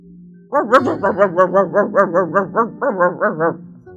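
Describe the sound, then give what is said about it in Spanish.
A voice imitates a dog barking with a quick, steady run of about a dozen short, loud, voiced yaps over three seconds, with only a brief break before the last few. “Eso le dijo en idioma perro, ¿verdad?”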